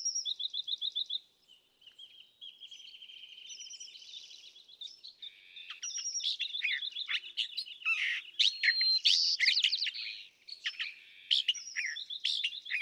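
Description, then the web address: California thrasher singing a long medley of trills, buzzy notes and sharp chirps, phrases shifting quickly, some repeated. "birdsongforthecurious California Thrasher"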